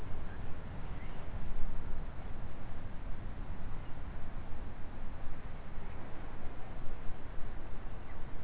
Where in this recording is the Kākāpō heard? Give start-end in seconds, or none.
none